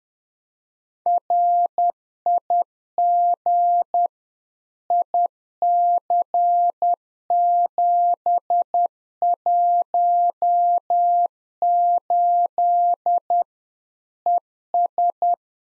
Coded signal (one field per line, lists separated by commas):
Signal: Morse code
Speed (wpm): 10 wpm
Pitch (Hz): 700 Hz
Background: none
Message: RIG IC718 ES